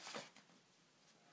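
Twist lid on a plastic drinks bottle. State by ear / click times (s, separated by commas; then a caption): not seated / none. A twist lid on a plastic twist-and-sip drinks bottle is turned to try to lock it, giving a broadband rustle near the start and a faint low hit at about 0.4 s. Nothing has seated or clicked yet, and the lid does not lock.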